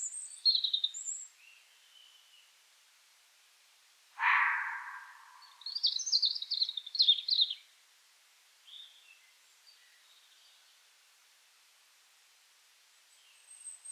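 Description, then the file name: European robin song, short high twittering phrases at the start and again around six to seven seconds, with a loud rasping sweep between them and a few faint notes later. "Erithacus rubecula"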